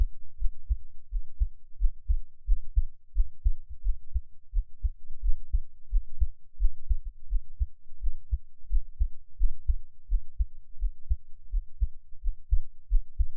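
Steady, deep, muffled thumps repeat in a lub-dub pattern throughout, with a soft low rumble between beats and nothing higher-pitched. An adult heartbeat heard close up through an NT5 microphone, at an ordinary resting pace with a steady rhythm.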